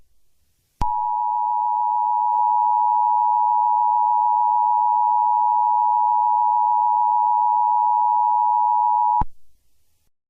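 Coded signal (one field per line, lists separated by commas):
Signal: Emergency Alert System (SAME) tones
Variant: 853 and 960 Hz attention tone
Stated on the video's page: Mock EAS alert, fictional.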